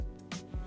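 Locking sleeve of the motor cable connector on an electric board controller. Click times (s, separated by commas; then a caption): 0.3 s. The threaded locking sleeve on the motor cable connector of a Onewheel XR Classic electric board controller is turned past its resistance after the connector is plugged fully in. A sharp, bright click at 0.3 s marks the sleeve locking into place, followed by a softer low thud at 0.5 s. The connector is seated and locked.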